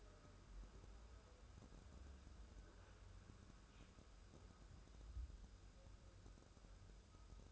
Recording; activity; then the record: daily activity, microphone in the room; wipe stove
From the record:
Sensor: 2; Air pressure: 1014.9 hPa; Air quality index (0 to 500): 39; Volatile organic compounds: 1 ppm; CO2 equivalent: 576 ppm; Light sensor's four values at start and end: 13/35/13/15 and 13/35/13/15